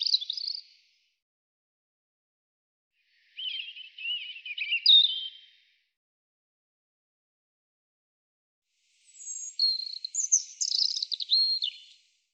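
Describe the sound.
European robin song: three short, high warbling phrases with wavering whistles and quick trills, spaced by silent gaps of roughly three seconds.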